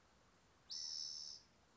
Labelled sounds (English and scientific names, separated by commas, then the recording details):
Spotted Towhee (Pipilo maculatus)
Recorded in Sonoma County, California